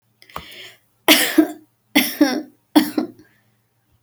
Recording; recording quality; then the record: shallow voluntary cough; excellent, no background noise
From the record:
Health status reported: healthy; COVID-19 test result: negative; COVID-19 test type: RT-PCR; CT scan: not taken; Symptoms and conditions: none ticked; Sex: female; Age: 21 years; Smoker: no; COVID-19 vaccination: one dose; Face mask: not worn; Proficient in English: yes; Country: India